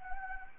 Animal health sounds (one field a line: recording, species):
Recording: mosquito wingbeat signal from an infrared sensor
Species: Anopheles arabiensis